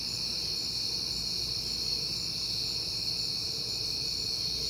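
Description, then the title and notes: Dense shrill cricket chorus, unbroken and even, with a low faint rumble below. Crickets on a peaceful night in September. "Night Time: Crickets and Passing Cars. It is September and I have been hearing the crickets a lot"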